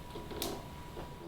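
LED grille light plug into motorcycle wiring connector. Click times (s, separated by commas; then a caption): 0.4 s. The plug of a Kuryakyn Tracer LED fairing lower grille light is pushed into the wiring connector on a Harley-Davidson motorcycle to test the light. A short, sharp click sounds at 0.4 s over a low, steady background hum. The connector clicks in and is seated securely.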